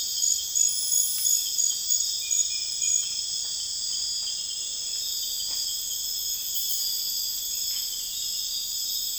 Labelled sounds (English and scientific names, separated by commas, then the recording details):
none
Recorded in dense forest near Puerto Asís, Putumayo, Colombia, on 21 December 2024 at 01:30
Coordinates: 0.484, -76.325
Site G056